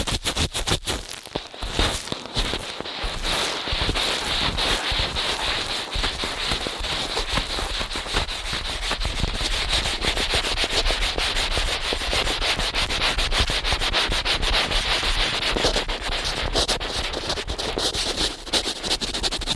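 Ear cleaning heard as dense, rapid scratching and rubbing, a fast crackly texture running continuously with a steady hiss and faint low rumble.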